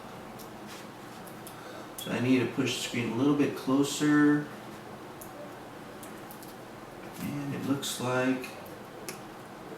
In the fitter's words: bam a little click of it was there